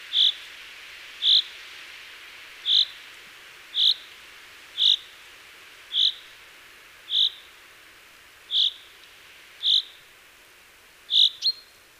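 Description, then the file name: Common chaffinch giving a series of brief, bright notes, roughly one per second, about eleven calls against a faint background hiss. "Fringilla coelebs"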